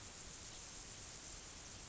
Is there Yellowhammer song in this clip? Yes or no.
no